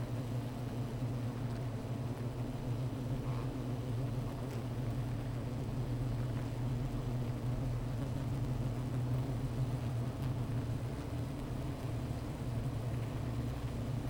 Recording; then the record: honeybee colony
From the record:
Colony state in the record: missing queen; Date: 14 July 2017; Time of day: 15:17